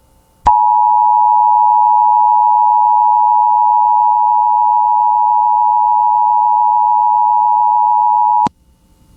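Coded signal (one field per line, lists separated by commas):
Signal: Emergency Alert System (SAME) tones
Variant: 853 and 960 Hz attention tone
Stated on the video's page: Severe thunderstorm warning EAS alert relayed on an FM station.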